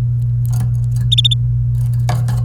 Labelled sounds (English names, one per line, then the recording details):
Domestic Canary song
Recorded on 29 April 2018 at 10:16
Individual llb3